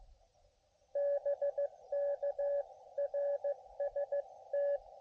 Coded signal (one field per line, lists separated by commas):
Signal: Morse code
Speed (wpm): 16 wpm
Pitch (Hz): 500 Hz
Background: radio noise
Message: BK RST